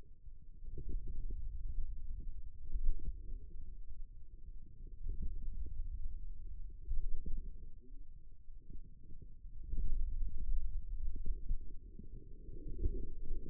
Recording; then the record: forearm muscle sounds (acoustic myography)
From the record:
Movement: pen grasping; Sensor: system 2, bracelet of six BSWA MPA416 microphones around the upper forearm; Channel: 4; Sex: male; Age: 22 years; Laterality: right